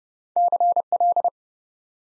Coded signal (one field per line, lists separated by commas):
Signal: Morse code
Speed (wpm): 30 wpm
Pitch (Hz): 700 Hz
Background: none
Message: CL